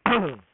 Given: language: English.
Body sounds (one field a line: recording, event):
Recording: throat vibration sensor signal played as sound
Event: throat clearing